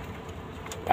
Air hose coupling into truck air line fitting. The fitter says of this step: pasok mo. Ayun nag-lock na